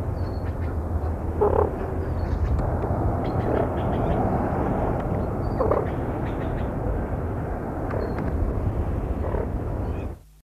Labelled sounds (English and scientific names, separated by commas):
Green Peafowl (Pavo muticus) call